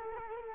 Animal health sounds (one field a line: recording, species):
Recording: mosquito wingbeat signal from an infrared sensor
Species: Culex quinquefasciatus